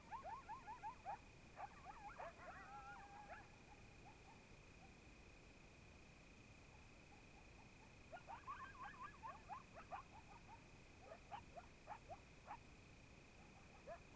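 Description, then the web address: Coyotes yipping and howling in two bursts, rapid yelps mixed with wavering howls, separated by a quieter gap, over a steady high-pitched hum. Coyotes calling quietly, in Oregon, in 2015. "Discover Oregon - Coyotes Coyotes 2015 Medlock Loudest Quiet Coyotes"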